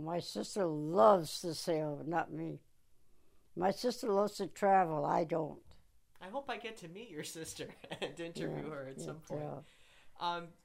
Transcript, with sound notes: My sister loves to sail, but not me. My sister loves to travel. I don't.
I hope I get to meet your sister. [Laughs] And interview her at some point.
Yeah,